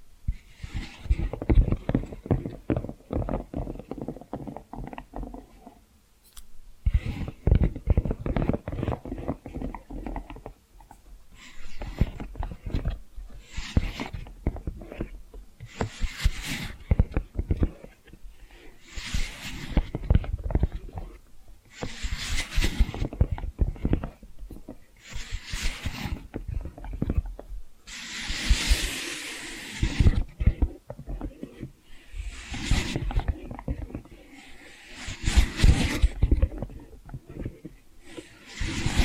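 Tapping and scratching sounds run in quick, dense bursts of low thuds, broken by brief pauses near 6 and 10 seconds. Brighter, hissing scrapes flare up repeatedly from about 13 seconds on, strongest around 28 to 31 seconds, alternating with the steadier low tapping.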